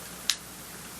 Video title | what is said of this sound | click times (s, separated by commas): Camera Swap Purchases - Part 2 | snaps into place | 0.3 s